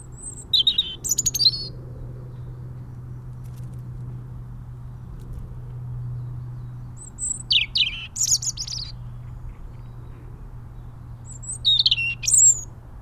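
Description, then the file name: European robin song: three short, high, sweet twittering phrases spaced several seconds apart, with a steady low hum in the background. "Erithacus rubecula"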